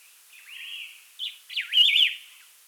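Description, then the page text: Variegated laughingthrush song with a quiet drawn-out note, a short chirp, then a loud undulating whistled phrase. "Variegated Laughingthrush Song. Quick Sounds"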